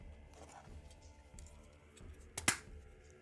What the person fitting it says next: oh that's a satisfying click that was a satisfying click right there